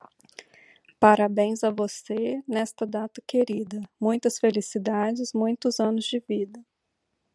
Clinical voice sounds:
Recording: short text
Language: Brazilian Portuguese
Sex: female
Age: 30 to 39 years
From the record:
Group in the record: control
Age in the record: 34 years

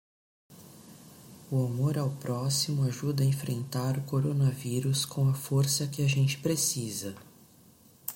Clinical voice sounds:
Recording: spoken sentence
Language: Brazilian Portuguese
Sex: female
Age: 40 to 49 years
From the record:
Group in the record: control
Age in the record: 42 years

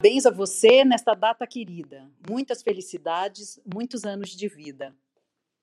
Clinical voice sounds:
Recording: short text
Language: Brazilian Portuguese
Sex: female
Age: 50 to 59 years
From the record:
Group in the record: control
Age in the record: 56 years

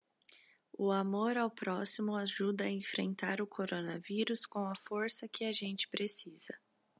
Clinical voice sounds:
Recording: spoken sentence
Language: Brazilian Portuguese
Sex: female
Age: 20 to 29 years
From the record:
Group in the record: control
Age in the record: 21 years

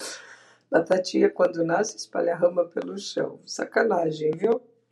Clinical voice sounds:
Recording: short text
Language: Brazilian Portuguese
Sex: female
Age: 50 to 59 years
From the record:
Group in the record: control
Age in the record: 57 years

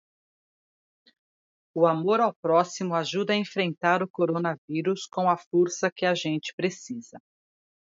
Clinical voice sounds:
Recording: spoken sentence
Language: Brazilian Portuguese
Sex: female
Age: 50 to 59 years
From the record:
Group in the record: control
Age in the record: 53 years

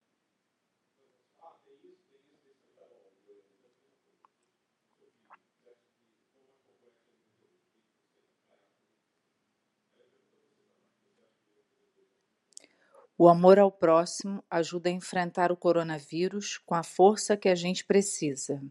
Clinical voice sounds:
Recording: spoken sentence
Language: Brazilian Portuguese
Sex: female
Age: 50 to 59 years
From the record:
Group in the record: control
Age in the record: 57 years

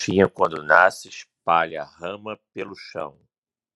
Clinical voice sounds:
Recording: short text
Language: Brazilian Portuguese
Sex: male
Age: 50 to 59 years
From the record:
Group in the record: control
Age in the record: 50 years

